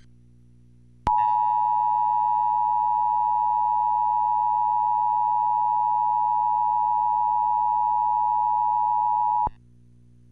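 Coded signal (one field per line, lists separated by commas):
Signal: Emergency Alert System (SAME) tones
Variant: 853 and 960 Hz attention tone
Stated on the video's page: Real EAS tornado warning from the National Weather Service, Portland OR.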